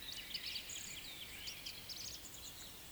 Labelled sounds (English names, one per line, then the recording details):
Eurasian Woodcock whistle
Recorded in Baden-Württemberg, Germany, on 11 June 2021 at 18:58 UTC
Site 24606, 635 m above sea level